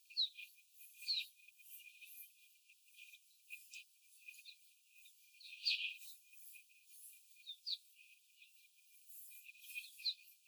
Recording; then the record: young laying hens in a cage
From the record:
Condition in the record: before the stressor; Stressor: simulated dog barking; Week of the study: 4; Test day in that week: 1